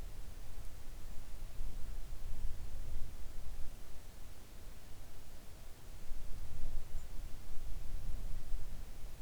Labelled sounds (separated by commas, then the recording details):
near silence
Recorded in the Arctic National Wildlife Refuge, Alaska, on 3 August 2019 at 06:14
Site 41